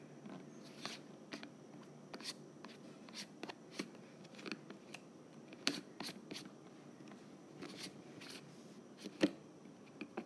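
A lid is unscrewed in a run of short, dry scrapes and clicks, irregularly spaced, over a low murmur, with a sharper click near nine seconds.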